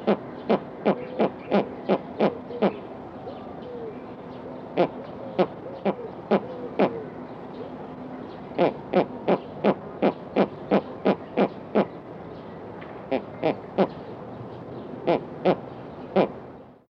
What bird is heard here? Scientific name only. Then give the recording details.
Bubo scandiacus. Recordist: Tembrock, Günter. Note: Rufreihen in Brutstellung